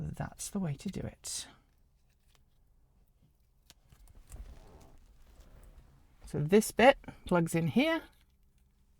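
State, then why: Not seated. Someone talks while handling a harness connector for a 2017 Bolt EV, bringing it toward its mating socket behind the windshield. Between the talk, only faint small ticks and rustling handling noises are heard. Nothing has seated or clicked yet.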